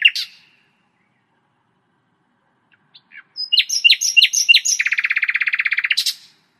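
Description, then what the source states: Common Nightingale song: a sharp opening note, a pause, then quick repeated chirps leading into a fast, throbbing rattle of rapid identical notes, ending with a bright high note. Occurs mainly in Eurasia; called the king of songbirds; enormously varied repertoire with few repetitions and always new sequences.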